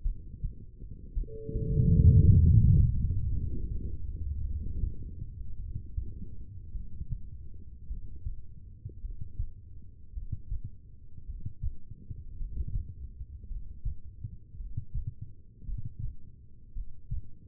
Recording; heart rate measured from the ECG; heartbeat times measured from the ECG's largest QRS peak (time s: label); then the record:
heart sounds by stethoscope; 54 bpm
0.02 s: heartbeat
1.13 s: heartbeat
2.23 s: heartbeat
3.28 s: heartbeat
4.41 s: heartbeat
5.56 s: heartbeat
6.71 s: heartbeat
7.86 s: heartbeat
9.00 s: heartbeat
10.12 s: heartbeat
11.24 s: heartbeat
12.36 s: heartbeat
13.46 s: heartbeat
14.55 s: heartbeat
15.63 s: heartbeat
16.71 s: heartbeat
From the record:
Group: heart failure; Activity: rest 0-1 s, Valsalva maneuver 1-18 s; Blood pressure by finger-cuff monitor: 84/65 mmHg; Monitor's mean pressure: 73 mmHg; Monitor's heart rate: 54 bpm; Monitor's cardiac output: 2.5 L/min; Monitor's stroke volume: 46 mL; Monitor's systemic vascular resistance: 2090 dyn s/cm5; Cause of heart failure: non-ischemic cardiomyopathy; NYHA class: 1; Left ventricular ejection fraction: 52%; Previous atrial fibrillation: present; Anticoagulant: apixaban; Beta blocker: bisoprolol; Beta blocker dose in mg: 10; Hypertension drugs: sacubitril-valsartan, spironolactone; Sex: female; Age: 68 years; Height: 169 cm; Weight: 71 kg